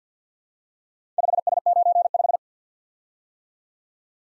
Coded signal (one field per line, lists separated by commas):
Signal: Morse code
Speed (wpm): 53 wpm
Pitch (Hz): 700 Hz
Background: none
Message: 5S95